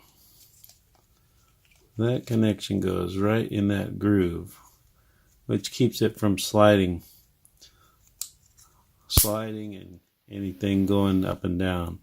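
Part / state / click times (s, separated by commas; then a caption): expansion adapter into camera groove / seated / 8.2 s. An Osmo Pocket expansion kit adapter connection is fitted into the groove on the camera body, which keeps it from sliding. Someone talks, and between phrases a single sharp click is heard at 8.2 s as the adapter locks into place.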